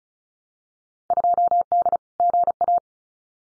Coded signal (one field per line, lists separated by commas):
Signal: Morse code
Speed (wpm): 34 wpm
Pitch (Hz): 700 Hz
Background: none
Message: 2D GA